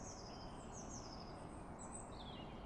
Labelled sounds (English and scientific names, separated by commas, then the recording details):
Eurasian Blue Tit (Cyanistes caeruleus)
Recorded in Germany
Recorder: ecoPi